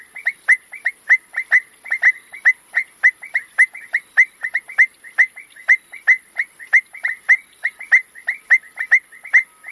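Frog calling in a brisk, rapid series of short sharp peeps, several each second, over a thin steady high hiss.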